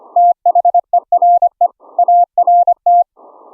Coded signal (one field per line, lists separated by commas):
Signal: Morse code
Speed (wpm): 25 wpm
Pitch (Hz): 700 Hz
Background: none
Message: THERE ART